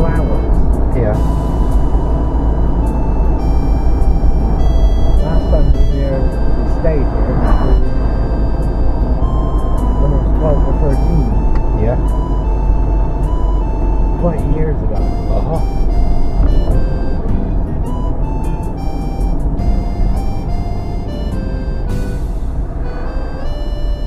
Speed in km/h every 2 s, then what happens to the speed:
40, 40, 40, 40, 39, 35, 34, 32, 29, 27, 27, 23.
0-9 steady at about 40. 9-24 slows to 23.